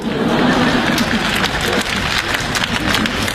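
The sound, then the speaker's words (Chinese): A crowd bursts into steady, dense applause, a continuous crackle of many hands clapping at an even loudness for a few seconds, with faint murmuring mixed in; the audience applauds a joke couplet about cram schools fleecing parents on the show Beijing Happy Time 2018. “哎， 鼓掌的都明白呀、啊。”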